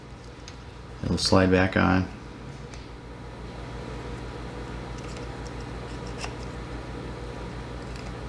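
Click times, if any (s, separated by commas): none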